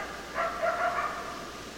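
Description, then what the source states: Coyote yipping: a quick cluster of short, wavering notes lasting under a second, over low background hiss. Recorded 10 December 2012.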